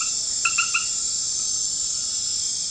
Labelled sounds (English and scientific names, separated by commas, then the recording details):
none
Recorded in pastures near Puerto Asís, Putumayo, Colombia, on 12 March 2025 at 21:30
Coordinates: 0.502, -76.324
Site GP07